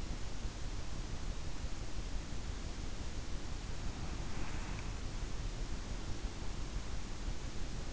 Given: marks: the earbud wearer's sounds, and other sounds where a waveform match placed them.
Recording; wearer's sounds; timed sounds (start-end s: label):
sounds in sleep by an in-ear microphone; breath
3.90-4.97 s: breath